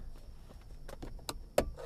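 A plastic interior light lens/housing is pried down out of its clips in the trim of a Duramax truck. A few small clicks and scrapes around 0.9, 1.0 and 1.3 s lead to a sharp snap at 1.6 s as the lens/housing pops free and is released.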